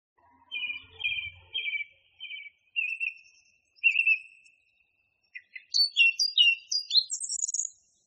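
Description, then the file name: Song thrush song: a run of repeated trilled whistles, then high scratchy varied phrases climbing in pitch. Masteran recording used for training songbirds. "suara masteran songthrush"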